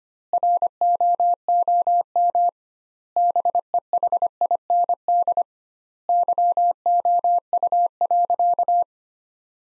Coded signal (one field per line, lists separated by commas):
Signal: Morse code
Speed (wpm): 25 wpm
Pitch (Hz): 700 Hz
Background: none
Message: ROOM BEHIND YOU.